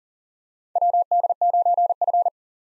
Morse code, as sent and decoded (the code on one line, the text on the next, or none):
.-- -.. ----. ..-.
WD9F